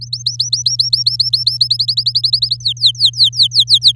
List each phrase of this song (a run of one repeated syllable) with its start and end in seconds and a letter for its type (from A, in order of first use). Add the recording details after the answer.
0.01-1.58 A, 1.60-2.57 B, 2.60-3.92 C. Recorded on 6 May 2018 at 05:47. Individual llb16